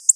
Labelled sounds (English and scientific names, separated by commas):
Black-throated Blue Warbler (Setophaga caerulescens) flight call